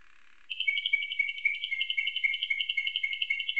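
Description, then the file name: Canary song as one continuous rapid trill, bright and pulsing, running steadily to the end. Canary tutored with nightingale song ('isian'). "suara kenari isian nightingale"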